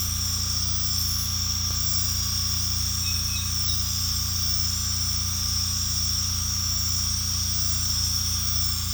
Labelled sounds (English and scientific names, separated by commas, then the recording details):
none
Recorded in secondary vegetation near Puerto Asís, Putumayo, Colombia, on 18 December 2024 at 21:30
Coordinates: 0.485, -76.322
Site GP08